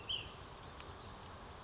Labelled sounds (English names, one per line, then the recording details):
Ash-throated Flycatcher
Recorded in Sonoma County, California